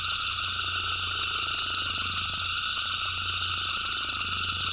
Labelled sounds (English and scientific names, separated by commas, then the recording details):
none
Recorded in pastures near Puerto Asís, Putumayo, Colombia, on 8 March 2025 at 18:30
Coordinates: 0.472, -76.329
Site G074